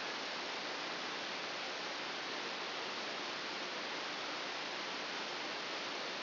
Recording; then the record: brain microelectrode recording played as sound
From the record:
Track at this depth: inside the subthalamic nucleus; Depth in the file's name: 0.007 mm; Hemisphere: right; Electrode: 2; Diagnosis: Parkinson's disease